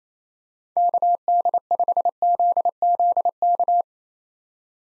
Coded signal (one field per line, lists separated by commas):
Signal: Morse code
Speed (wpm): 27 wpm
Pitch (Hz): 700 Hz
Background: none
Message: KD5ZZK